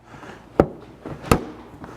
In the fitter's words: can hear it when they click into place okay